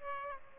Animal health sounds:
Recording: mosquito wingbeat signal from an infrared sensor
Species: Aedes aegypti

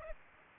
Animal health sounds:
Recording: mosquito wingbeat signal from an infrared sensor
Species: Aedes aegypti

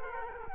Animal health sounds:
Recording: mosquito wingbeat signal from an infrared sensor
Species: Culex quinquefasciatus

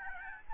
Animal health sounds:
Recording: mosquito wingbeat signal from an infrared sensor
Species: Aedes albopictus

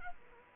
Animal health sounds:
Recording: mosquito wingbeat signal from an infrared sensor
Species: Culex quinquefasciatus

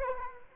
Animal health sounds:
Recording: mosquito wingbeat signal from an infrared sensor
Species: Culex quinquefasciatus

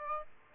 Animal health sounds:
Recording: mosquito wingbeat signal from an infrared sensor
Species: Aedes aegypti

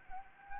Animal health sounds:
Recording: mosquito wingbeat signal from an infrared sensor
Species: Anopheles gambiae

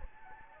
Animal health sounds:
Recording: mosquito wingbeat signal from an infrared sensor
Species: Anopheles gambiae

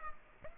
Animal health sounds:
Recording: mosquito wingbeat signal from an infrared sensor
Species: Culex pipiens

